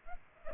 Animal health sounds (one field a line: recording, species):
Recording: mosquito wingbeat signal from an infrared sensor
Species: Culex pipiens